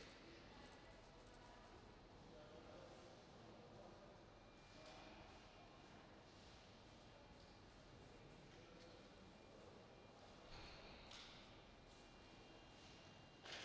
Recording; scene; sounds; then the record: everyday scene through a hearing-aid microphone; reverberant space; background noise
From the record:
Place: railway station hall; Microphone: in the ear canal, right